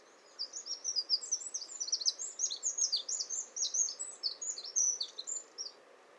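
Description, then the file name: Eurasian wren song, a continuous, energetic cascade of piercing high notes and rattling trills. "Troglodytes troglodytes"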